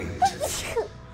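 A single quick, high-pitched sneeze with a short voiced intake and a breathy burst.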